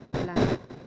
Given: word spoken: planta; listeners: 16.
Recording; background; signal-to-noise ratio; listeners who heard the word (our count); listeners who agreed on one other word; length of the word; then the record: one Spanish word in noise, from a listening test; noise modulated by one talker; -12.7 dB; 3 of 16; 6 of 16; 0.47 s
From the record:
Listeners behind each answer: 6, 3, 2, 1, 1, 1, 1, 1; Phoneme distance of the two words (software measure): 14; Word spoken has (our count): 2 syllables, 6 phonemes, stress on syllable 1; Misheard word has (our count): 1 syllable, 4 phonemes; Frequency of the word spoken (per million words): 69.40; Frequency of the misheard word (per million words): 146.03